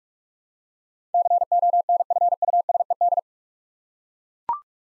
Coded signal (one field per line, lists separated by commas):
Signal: Morse code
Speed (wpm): 42 wpm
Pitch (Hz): 700 Hz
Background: none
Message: CONFUSED